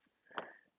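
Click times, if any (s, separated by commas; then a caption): 0.4 s. A small connector part is pushed home into its plastic housing after its stuck retaining tab was lifted with a pointed Allen-key poker tool. A single sharp click is heard at 0.4 s, and the part seats in place.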